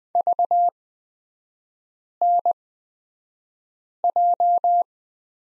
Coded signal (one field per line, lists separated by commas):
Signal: Morse code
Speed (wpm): 20 wpm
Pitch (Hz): 700 Hz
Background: none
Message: VNJ